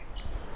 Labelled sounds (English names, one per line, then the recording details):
Stitchbird song
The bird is a male
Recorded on Tiritiri Matangi Island, New Zealand, in 2005
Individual 9, of nest box 11